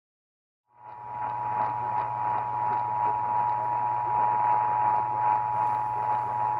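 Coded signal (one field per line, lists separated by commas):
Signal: Emergency Alert System (SAME) tones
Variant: 853 and 960 Hz attention tone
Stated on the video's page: Pennsylvania Required Monthly Test.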